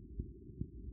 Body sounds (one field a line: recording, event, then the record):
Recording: neck accelerometer signal played as sound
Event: no cough (speech, laughter, throat clearing or background)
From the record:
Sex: female